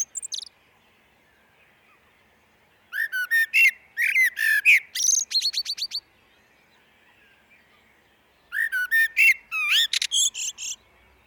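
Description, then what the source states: Common blackbird singing brief phrases of rapid whistled and twittering notes, each burst lasting a few seconds, with long quiet pauses between them. Recorded in a glen.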